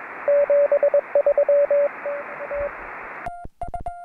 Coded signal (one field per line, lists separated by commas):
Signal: Morse code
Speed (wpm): 22 wpm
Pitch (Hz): 570 Hz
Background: music, radio noise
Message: 73 T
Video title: QRP Five Band Linked Dipole Antenna